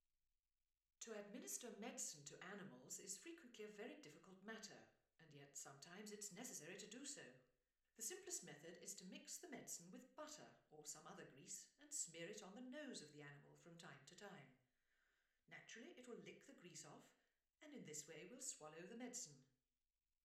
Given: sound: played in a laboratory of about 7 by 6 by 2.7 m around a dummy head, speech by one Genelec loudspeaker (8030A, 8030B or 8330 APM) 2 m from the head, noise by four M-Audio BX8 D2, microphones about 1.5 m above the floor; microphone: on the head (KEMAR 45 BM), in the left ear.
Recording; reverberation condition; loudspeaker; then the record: female speech in English; medium; 90 degrees to the left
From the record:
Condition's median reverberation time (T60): about 510 ms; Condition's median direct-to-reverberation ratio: about -0.5 dB